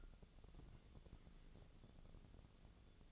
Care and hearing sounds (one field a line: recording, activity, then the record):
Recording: daily activity, microphone in the room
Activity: take from stove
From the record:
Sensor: 4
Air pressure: 1000.8 hPa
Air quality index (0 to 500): 125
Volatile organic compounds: 1 ppm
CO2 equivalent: 942 ppm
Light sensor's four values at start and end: 41/101/42/47 and 41/101/42/47